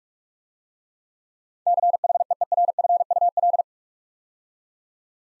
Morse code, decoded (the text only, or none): CHEERFUL